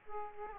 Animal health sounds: mosquito wingbeat signal from an infrared sensor; Aedes aegypti

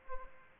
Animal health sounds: mosquito wingbeat signal from an infrared sensor; Aedes aegypti

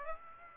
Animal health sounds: mosquito wingbeat signal from an infrared sensor; Aedes aegypti

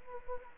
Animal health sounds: mosquito wingbeat signal from an infrared sensor; Anopheles gambiae

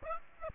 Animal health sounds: mosquito wingbeat signal from an infrared sensor; Aedes aegypti

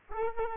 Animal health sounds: mosquito wingbeat signal from an infrared sensor; Culex pipiens

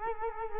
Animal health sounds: mosquito wingbeat signal from an infrared sensor; Culex quinquefasciatus

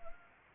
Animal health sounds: mosquito wingbeat signal from an infrared sensor; Anopheles arabiensis

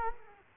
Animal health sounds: mosquito wingbeat signal from an infrared sensor; Culex quinquefasciatus

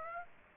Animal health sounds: mosquito wingbeat signal from an infrared sensor; Aedes aegypti

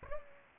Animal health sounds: mosquito wingbeat signal from an infrared sensor; Aedes aegypti

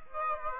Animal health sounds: mosquito wingbeat signal from an infrared sensor; Aedes aegypti

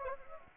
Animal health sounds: mosquito wingbeat signal from an infrared sensor; Anopheles gambiae

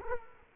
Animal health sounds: mosquito wingbeat signal from an infrared sensor; Culex quinquefasciatus

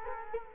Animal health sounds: mosquito wingbeat signal from an infrared sensor; Culex quinquefasciatus

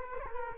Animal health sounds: mosquito wingbeat signal from an infrared sensor; Culex quinquefasciatus

